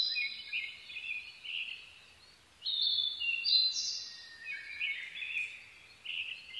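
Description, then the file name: Blue-and-white flycatcher singing clear whistled phrases with short gaps between them. Recorded 22 May 2011 at 04:34. "ooruri-20110522-0434"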